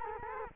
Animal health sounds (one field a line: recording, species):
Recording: mosquito wingbeat signal from an infrared sensor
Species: Culex quinquefasciatus